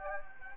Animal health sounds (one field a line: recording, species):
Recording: mosquito wingbeat signal from an infrared sensor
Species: Anopheles gambiae